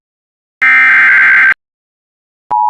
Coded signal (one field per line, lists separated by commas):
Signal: Emergency Alert System (SAME) tones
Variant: header bursts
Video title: A Short Roar Of Action: EAS Alerts From 6/2/25 #COWX #WJON #KJY84